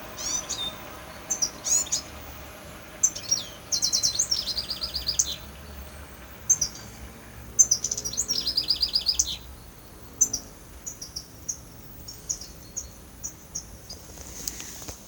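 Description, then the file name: European goldfinch giving bright, tinkling twittered calls in quick bursts, with a dense run of liquid notes midway, then scattered single chirps as it fades. "Carduelis carduelis"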